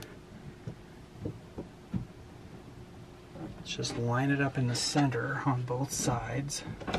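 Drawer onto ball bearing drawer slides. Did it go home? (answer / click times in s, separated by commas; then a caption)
no / none. A drawer in a Northwood RV is lined up onto its ball bearing drawer slides before being pushed home, with soft handling knocks and bumps during the first few seconds. Someone then talks over the handling. The drawer has not seated or clicked yet.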